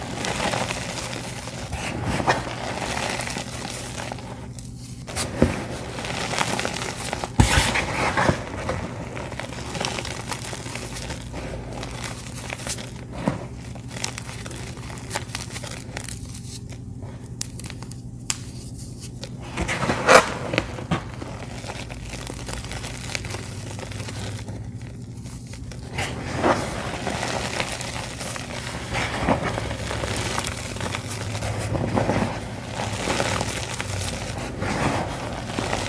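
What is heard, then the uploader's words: Crispy dyed gym chalk blocks coated in dusty paste are crunched and crumbled, with dense crackling and sharp snaps throughout. Brief quieter stretches come around 17 and 25 seconds. A steady low hum sits underneath the whole time. 8 blocks of crispy dyed gym chalk dipped in dusty Bon Ami paste.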